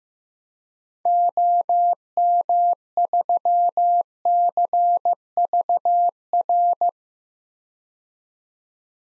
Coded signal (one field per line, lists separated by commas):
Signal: Morse code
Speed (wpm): 15 wpm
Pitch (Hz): 700 Hz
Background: none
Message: OM3CVR